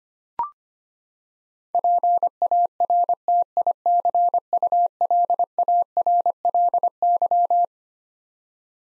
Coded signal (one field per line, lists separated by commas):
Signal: Morse code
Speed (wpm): 25 wpm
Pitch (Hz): 700 Hz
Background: none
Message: PARTICULARLY